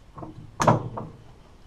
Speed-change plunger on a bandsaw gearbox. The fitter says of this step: hear it click in and now I'll move this lever down into the fast